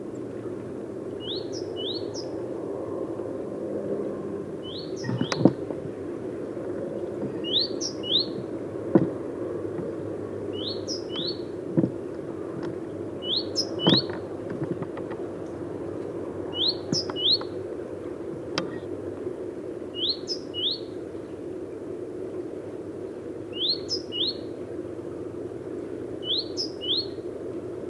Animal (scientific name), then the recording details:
Parus major. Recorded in the wild. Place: Blumenholz, Insel Rügen, Mecklenburg-Vorpommern, DE. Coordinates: 53.414, 13.121. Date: 1980-02-14 14:17. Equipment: Nagra III BH, Sennheiser MD 21, parabola. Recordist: Schubert, Michael. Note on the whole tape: Rufe Kohlmeise